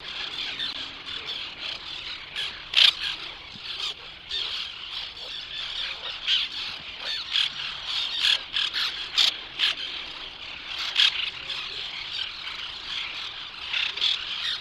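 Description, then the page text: White-winged tern calls: rough, harsh squawks standing out at irregular intervals above a constant scratchy background noise. "Tomas Belka - Белокрылая крачка (Chlidonias leucopterus)"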